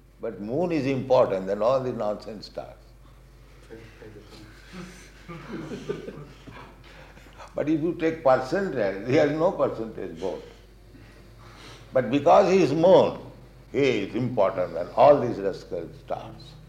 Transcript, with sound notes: But moon is important than all the nonsense stars. [laughter] But if you take percentage, he has no percentage vote. But because he is moon, he is important than all these rascal stars.